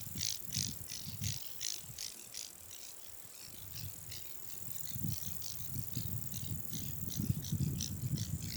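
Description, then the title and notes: Bush crickets and grasshoppers: insects stridulating, with quick rasping bursts repeated over a high continuous buzz. Low rumbling swells in and out. Wild insect chorus in Khustain Nuruu National Park, a biosphere reserve 100 km west of Ulaanbaatar, Mongolia, dated 16.08.30; thought to represent the park's ten bush cricket and 29 grasshopper species. "Khustain National Park. 16.08.30. Khustain Nuruu National Park. some of the 385 species of insects can be heard in this clip. It sounds like a fair representation of the ten species of bush cricket and 29 of grasshopper"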